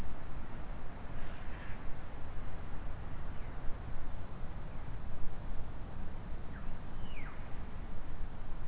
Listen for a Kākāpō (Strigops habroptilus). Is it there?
no